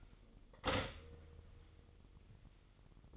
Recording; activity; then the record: daily activity, microphone in the room; stop toaster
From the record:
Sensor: 4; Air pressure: 1002.9 hPa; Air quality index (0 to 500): 239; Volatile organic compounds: 17 ppm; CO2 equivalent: 2598 ppm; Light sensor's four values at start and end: 22/74/27/27 and 21/72/27/27